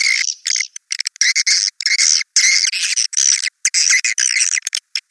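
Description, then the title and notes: Swiftlet calls in short, broken bursts of high buzzy twittering, separated by abrupt silent gaps. Swiftlet sound used in swiftlet farming, Asia. "Swiflet Bird Sound. Farming Swiflet Bird asia sound"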